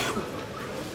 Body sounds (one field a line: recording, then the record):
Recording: coughing mixed with background sound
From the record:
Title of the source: 61 morning phlegmy cough...again